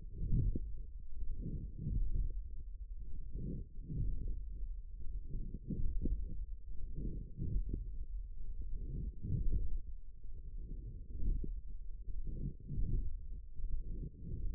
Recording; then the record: forearm muscle sounds (acoustic myography)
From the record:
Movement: wrist extension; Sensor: system 1, eight BSWA MPA416 microphones around the upper forearm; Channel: 7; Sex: female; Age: 20 years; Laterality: right